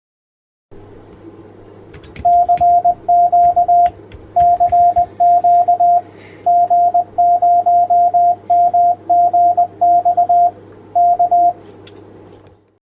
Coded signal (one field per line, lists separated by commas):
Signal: Morse code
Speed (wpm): 20 wpm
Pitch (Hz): 700 Hz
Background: radio noise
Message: CQ CQ G0MGX K